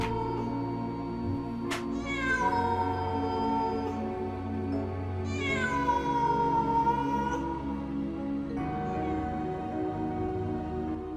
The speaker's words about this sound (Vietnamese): Trong không gian, duy nhất còn tiếng mèo kêu.